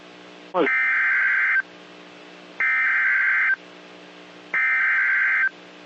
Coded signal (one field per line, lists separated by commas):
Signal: Emergency Alert System (SAME) tones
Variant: header bursts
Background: speech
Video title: EAS 1841-1847 (5/15 & 5/16/22)